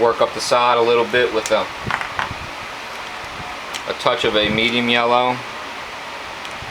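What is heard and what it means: A plastic marker pen is being handled at an air-marker airbrush holder while someone talks about working up the side with a touch of medium yellow. Brief sharp taps are heard around 1.9, 2.0, 2.2 and 3.8 seconds over a steady background hiss. The pen has not yet snapped into the holder, and nothing has seated or clicked yet.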